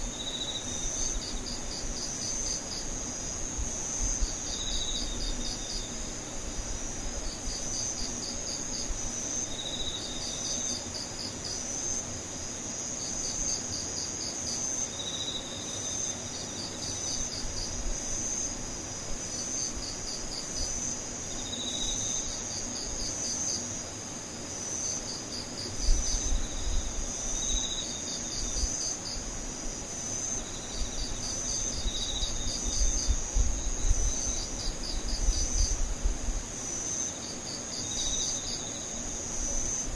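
Insects chirp without pause through the whole stretch, a dense, high, shrill trilling that pulses in quick regular bursts. A second, lower chirp repeats about every five seconds. Soft low rumbling sits underneath, briefly swelling around the 26 to 35 second mark.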